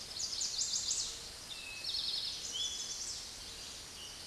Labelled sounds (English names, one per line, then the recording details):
Eastern Towhee song
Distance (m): 40 m
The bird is about 5 m above the microphone
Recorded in a Pennsylvania forest on 16 May 2024 at 06:15
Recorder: AudioMoth, point MSD-0475
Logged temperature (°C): 12.3 °C
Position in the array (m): 109 m, 7 m